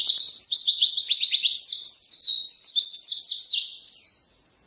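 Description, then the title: White-eye song: an unbroken, high-pitched stream of quick jumbled chirps and trills, fading out near the end. Wild white-eye (pleci ngalas) singing an 'isian' filling song, used as a tutor recording for training songbirds (masteran). "mster Mnuk. Pleci ngalas isian untuk masteran"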